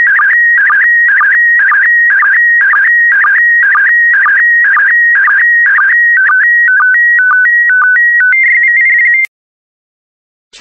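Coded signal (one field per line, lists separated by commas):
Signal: SSTV (slow-scan television)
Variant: PD120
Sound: warbling electronic tone jumping between a few pitches with brief low blips, then stops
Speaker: complete. You can now check your decoded image against the picture that is shown on the video.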